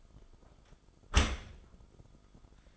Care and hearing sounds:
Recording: daily activity, microphone in the room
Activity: close dishwasher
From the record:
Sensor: 5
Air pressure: 1004.7 hPa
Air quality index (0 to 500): 93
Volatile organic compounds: 2 ppm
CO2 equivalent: 1131 ppm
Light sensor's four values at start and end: 33/76/31/30 and 32/73/30/29

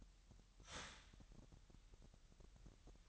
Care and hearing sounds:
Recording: daily activity, microphone in the room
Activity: start toaster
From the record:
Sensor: 3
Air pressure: 1001.9 hPa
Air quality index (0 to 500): 247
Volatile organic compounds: 51 ppm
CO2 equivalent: 3309 ppm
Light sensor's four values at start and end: 13/39/17/15 and 13/39/17/15

